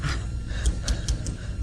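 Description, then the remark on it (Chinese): Metal pliers rattle and creak as they shake uncontrollably in the hand of a nervous man, in a quick series of four or five clicky, jittery taps over a low rumbling background, with no voices. “师傅，您老虎钳子怎么直哆嗦？”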